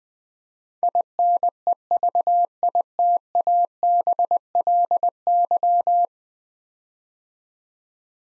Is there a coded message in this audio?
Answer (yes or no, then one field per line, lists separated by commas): yes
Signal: Morse code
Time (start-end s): 0.8-6.0 s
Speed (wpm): 21 wpm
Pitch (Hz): 700 Hz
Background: none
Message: INEVITABLY